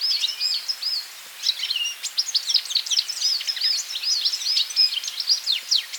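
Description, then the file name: European goldfinch giving rapid, liquid twittering calls, a dense run of high chirps and short trills with brief pauses, continuing throughout. "Carduelis carduelis"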